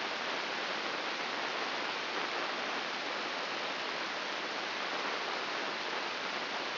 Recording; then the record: brain microelectrode recording played as sound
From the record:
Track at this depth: inside the subthalamic nucleus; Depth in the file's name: 5.601 mm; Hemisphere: right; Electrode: 2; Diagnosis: Parkinson's disease